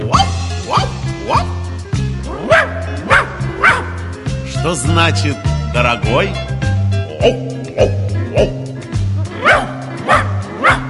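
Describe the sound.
Several dogs bark loudly in a steady, rhythmic string of woofs and yips lasting the whole stretch, with a brief spoken voice breaking in.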